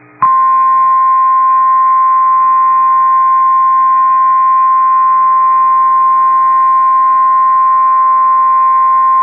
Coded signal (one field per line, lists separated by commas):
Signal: Emergency Alert System (SAME) tones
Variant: 1050 Hz attention tone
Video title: Severe Thunderstorm Warning #4 - 04/05/23 (EAS #2,722)